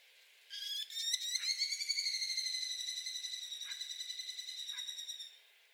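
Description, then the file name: Merlin call: a rapid, harsh chattering series of ringing notes held for about five seconds, steady in pitch, with a few faint clicks. Recorded 20 April 2022. "2022-04-20 Merlin 3 calls"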